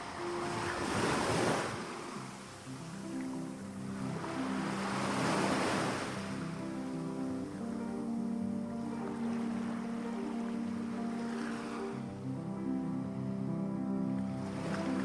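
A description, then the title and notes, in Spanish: Ocean waves wash in every few seconds, with strong surges near one and five seconds and softer ones around ten and fourteen, over soft, calm music. Sustained low tones and gentle held chords keep up steadily beneath the hiss of the surf. OLAS DEL OCÉANO y MÚSICA Relajante. Los sonidos relajantes del océano junto con una música suave y tranquila crean un ambiente ideal.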